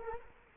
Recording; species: mosquito wingbeat signal from an infrared sensor; Culex quinquefasciatus